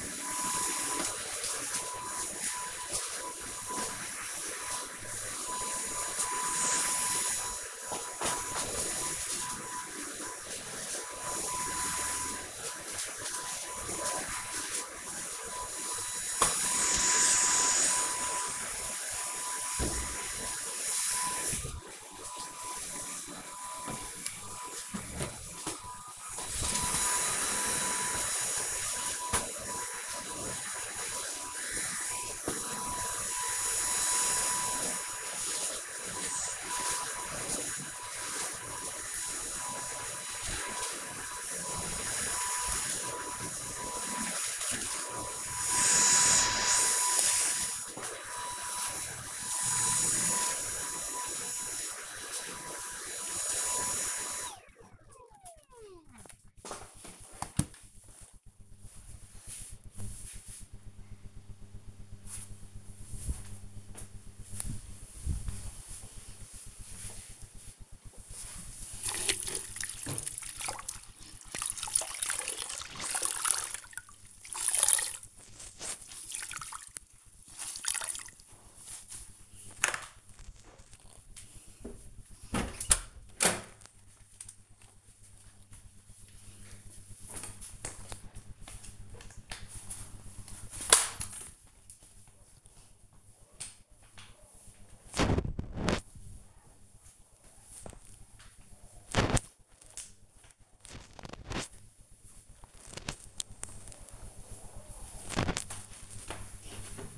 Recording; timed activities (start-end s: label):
household activities, microphone on the right wrist
0.00-54.93 s: vacuum cleaning
67.01-107.18 s: floor cleaning